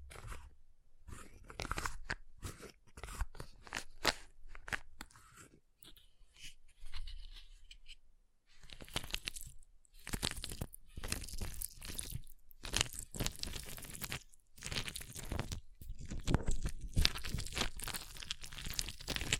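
Ice being tapped, scratched and carved in dense bursts of crunchy, bright scraping and clicks, quieter and sparser early, busier after eight seconds.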